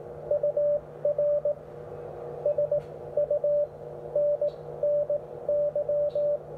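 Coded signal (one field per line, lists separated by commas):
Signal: Morse code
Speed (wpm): 18 wpm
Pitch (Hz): 590 Hz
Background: radio noise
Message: UR SUNNY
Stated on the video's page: CW heard on the 17 m band.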